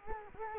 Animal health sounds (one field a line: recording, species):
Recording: mosquito wingbeat signal from an infrared sensor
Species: Culex quinquefasciatus